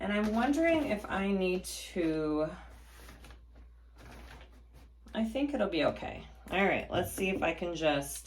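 Someone talks while handling the magnetic top frame of an embroidery hoop for a Ricoma EM1010, positioning it over the fabric above the lower frame it will snap onto with strong magnets. A faint handling sound comes at about 3.2 s in a pause between the talking. Nothing has seated or clicked yet by the end of the clip.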